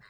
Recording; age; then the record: pig call; piglet (1 to 25 days)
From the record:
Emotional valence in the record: positive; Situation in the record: short reunion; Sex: male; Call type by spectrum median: low-frequency call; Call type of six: low-frequency tonal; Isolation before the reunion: 3 minutes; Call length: 0.10 s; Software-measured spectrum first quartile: 853 Hz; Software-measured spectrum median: 1632 Hz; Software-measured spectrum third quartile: 2255 Hz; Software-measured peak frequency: 139 Hz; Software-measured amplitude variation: 57 dB a second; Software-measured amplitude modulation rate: 5.2 a second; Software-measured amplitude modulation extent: 11.0 dB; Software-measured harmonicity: 2.4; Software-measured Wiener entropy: -1.02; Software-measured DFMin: 504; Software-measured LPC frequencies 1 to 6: 1960, 3968, 5187, 7110, 8571, 10296 Hz